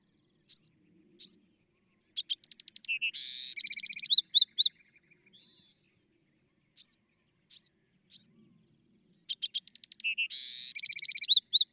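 Bewick's wren song heard twice: high opening notes, a burst of rapid buzzes and trills, a thin sustained whistle, then the phrase starting again.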